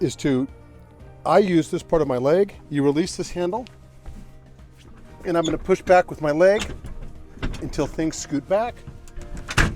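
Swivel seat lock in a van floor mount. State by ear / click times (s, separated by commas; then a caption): seated / 9.6 s. A swivel seat in a van floor mount is pushed back by leg after its handle is released while someone talks, with a few faint knocks as it slides. It loudly clicks and locks back into its forward position at 9.6 s.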